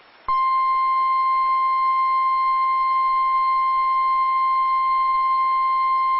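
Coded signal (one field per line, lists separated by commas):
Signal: Emergency Alert System (SAME) tones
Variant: 1050 Hz attention tone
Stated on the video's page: Real severe thunderstorm warning alert.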